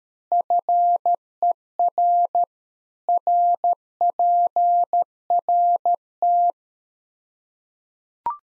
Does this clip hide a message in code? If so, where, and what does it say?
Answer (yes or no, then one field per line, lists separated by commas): yes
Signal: Morse code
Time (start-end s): 0.3-6.5 s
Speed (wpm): 13 wpm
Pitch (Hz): 700 Hz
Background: none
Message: FER RPRT